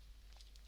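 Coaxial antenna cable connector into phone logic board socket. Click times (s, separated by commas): 0.6 s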